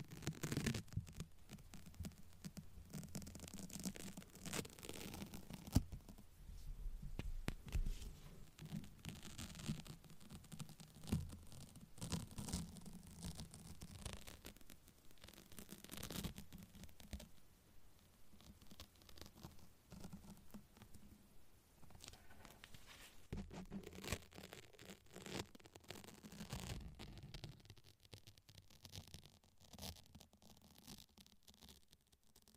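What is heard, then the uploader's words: Duct tape, a glass bottle, safety pins and a seashell are handled in a dense run of crinkling, tearing and tapping that quiets toward the end. Random Triggers | No Talking | Binaural. I use a glass bottle, duct tape, a bag of safety pins, and a seashell to achieve some lovely, tingly sounds.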